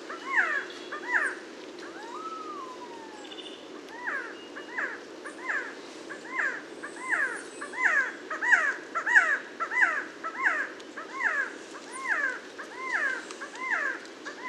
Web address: Resplendent quetzal. صدای-پرنده-درازدامن-درخشان